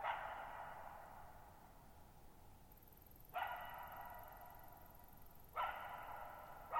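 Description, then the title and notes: Coyote barks, several sharp bursts a few seconds apart, each ringing on with a long echoing decay. Lone coyote vocalizing at night, July 14, 2019, Thirtymile Meadows, Okanogan National Forest (Okanogan High Country), 6400 ft; high dry plateau among tall mountains, shallow bowl-shaped meadow with very long reverberation. "Lone Coyote at Thirtymile Meadows. I spent the night of July 14, 2019, camped near Thirtymile Meadows in the Okanogan National Forest at 6400 ft (1950 m)"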